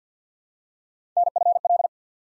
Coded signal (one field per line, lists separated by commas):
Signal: Morse code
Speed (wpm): 48 wpm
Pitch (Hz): 700 Hz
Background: none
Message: NFL